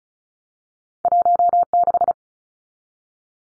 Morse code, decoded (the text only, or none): 16